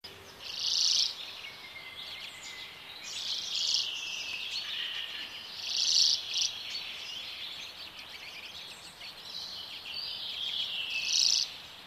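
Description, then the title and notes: Common redpoll: several short, buzzy, rattling trills with quiet hiss in the background. "Urpiainen. Riku Lumiaro"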